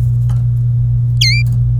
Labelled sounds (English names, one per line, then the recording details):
Domestic Canary song
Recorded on 25 April 2018 at 11:54
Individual llb3